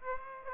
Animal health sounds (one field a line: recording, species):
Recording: mosquito wingbeat signal from an infrared sensor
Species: Aedes aegypti